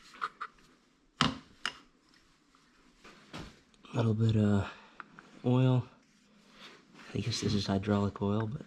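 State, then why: Seated. During piston installation on a Yamaha Moto 4 ATV engine, the second metal C-clip (circlip) is pressed into the groove of the piston's wrist pin bore to retain the wrist pin. A sharp, loud snap at 1.2 s marks the clip seating in its groove, followed by a fainter tap at 1.7 s. Someone then talks over the quiet workspace.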